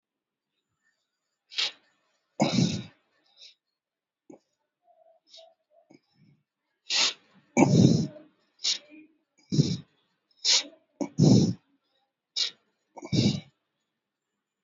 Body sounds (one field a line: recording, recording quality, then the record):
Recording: deep breathing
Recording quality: excellent, no background noise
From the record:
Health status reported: COVID-19 positive, mild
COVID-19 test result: positive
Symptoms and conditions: cough, breathing difficulty, fever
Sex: male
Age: 38 years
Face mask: worn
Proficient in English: yes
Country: India